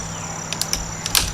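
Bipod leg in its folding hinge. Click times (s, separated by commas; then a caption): 0.6 s, 1.2 s. A metal bipod leg on an ATI AT-97 Elite with a Buck Mark Reflex Sight is swung down and then up in its folding hinge, with several sharp metallic ticks over a steady high-pitched whine. It locks with a click in the down position at 0.6 s and in the up position at 1.2 s, confirming it locks in place both ways.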